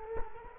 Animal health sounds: mosquito wingbeat signal from an infrared sensor; Culex quinquefasciatus

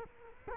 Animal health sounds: mosquito wingbeat signal from an infrared sensor; Culex quinquefasciatus

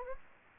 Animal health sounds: mosquito wingbeat signal from an infrared sensor; Anopheles gambiae

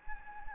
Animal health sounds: mosquito wingbeat signal from an infrared sensor; Anopheles gambiae

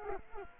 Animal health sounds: mosquito wingbeat signal from an infrared sensor; Culex quinquefasciatus

